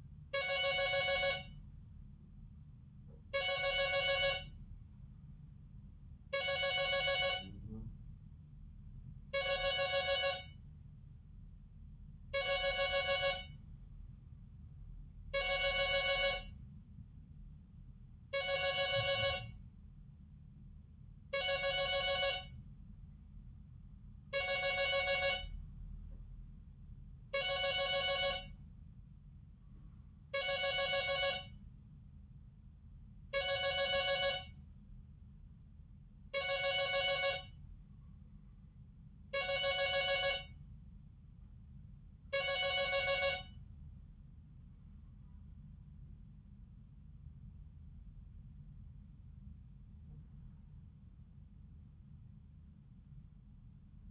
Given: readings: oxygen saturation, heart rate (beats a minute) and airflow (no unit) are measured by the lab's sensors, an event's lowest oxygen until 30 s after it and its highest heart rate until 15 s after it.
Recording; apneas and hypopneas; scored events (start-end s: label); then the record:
a person awake in a sleep study, by a smartphone at the bedside; none
0.00-54.11 s: awake
From the record:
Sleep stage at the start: awake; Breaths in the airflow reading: 26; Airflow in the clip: -0.6 to 0.6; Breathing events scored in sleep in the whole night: 270 in 6.1 hours asleep